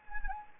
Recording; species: mosquito wingbeat signal from an infrared sensor; Anopheles arabiensis